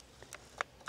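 A Ulanzi CA25 clip-on cooling fan is pushed by its spring catch into the locking clip mount on the back of a camera. Faint small ticks come before a sharp, bright click at 0.6 s as the fan snaps into the lock, and another click follows near the end. The fan is seated and locked.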